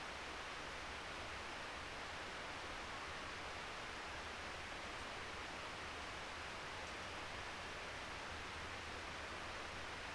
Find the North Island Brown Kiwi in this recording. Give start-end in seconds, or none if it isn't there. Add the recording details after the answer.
none. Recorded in New Zealand on 3 December 2013. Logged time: 04:27. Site DF60